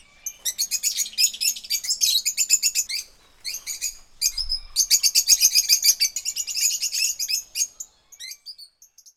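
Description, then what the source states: Birds twittering: fast runs of sharp, high chirps in two long bursts separated by a short gap, ending with a few scattered faint notes. Rainforest birds.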